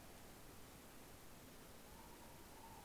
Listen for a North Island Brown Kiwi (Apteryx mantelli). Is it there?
no